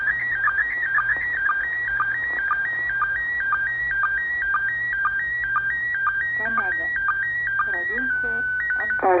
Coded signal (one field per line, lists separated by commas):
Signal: SSTV (slow-scan television)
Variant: PD 120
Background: speech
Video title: SSTV image Decoding Intetnational Space Station